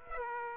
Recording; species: mosquito wingbeat signal from an infrared sensor; Aedes aegypti